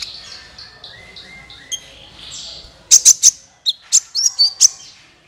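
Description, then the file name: Van Hasselt's sunbird: soft, thin whistles at first, then a burst of loud, very high, clipped chirps in quick succession. "suara kolibri ninja"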